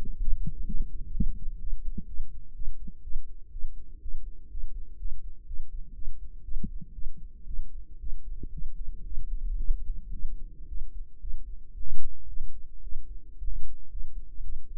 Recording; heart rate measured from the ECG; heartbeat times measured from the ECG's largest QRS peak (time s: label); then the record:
heart sounds by microphone in the right ear; 118 bpm
0.21 s: heartbeat
0.67 s: heartbeat
1.14 s: heartbeat
1.61 s: heartbeat
2.08 s: heartbeat
2.55 s: heartbeat
3.03 s: heartbeat
3.52 s: heartbeat
4.02 s: heartbeat
4.51 s: heartbeat
4.99 s: heartbeat
5.47 s: heartbeat
5.95 s: heartbeat
6.44 s: heartbeat
6.94 s: heartbeat
7.47 s: heartbeat
8.00 s: heartbeat
8.53 s: heartbeat
9.05 s: heartbeat
9.58 s: heartbeat
10.12 s: heartbeat
10.68 s: heartbeat
11.21 s: heartbeat
11.74 s: heartbeat
12.28 s: heartbeat
12.83 s: heartbeat
13.38 s: heartbeat
13.91 s: heartbeat
14.43 s: heartbeat
From the record:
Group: healthy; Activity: rest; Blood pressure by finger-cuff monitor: 105/73 mmHg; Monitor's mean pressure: 83 mmHg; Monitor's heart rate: 115 bpm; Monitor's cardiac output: 8.5 L/min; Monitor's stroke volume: 73 mL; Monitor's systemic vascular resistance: 680 dyn s/cm5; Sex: female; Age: 19 years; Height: 163 cm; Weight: 48.9 kg